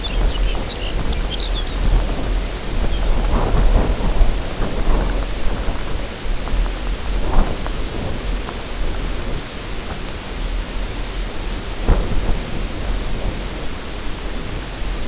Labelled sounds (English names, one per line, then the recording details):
Lapland Longspur
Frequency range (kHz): Lapland Longspur 2.2-7.0 kHz
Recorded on Arctic tundra, site UTQI-0, on 14 June 2019
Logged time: 16:00